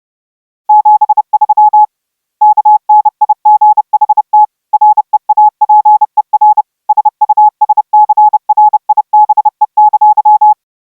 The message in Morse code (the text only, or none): 73 KNIGHT REAPER SUSCRIBE!